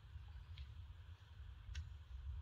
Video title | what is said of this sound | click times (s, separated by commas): Ikonické Nože OPINEL – V Jednoduchosti Je Krása | Zaistí sa touto poistkou a vlastne keď nechceme, máme | 0.6 s, 1.8 s